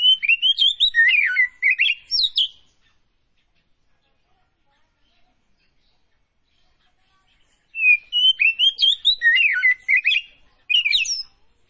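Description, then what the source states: Oriental magpie-robin singing two long bursts of rich, varied whistles and twittering notes, with a silent gap of about five seconds between them. Kacer Tretes type, singing prolifically (gacor).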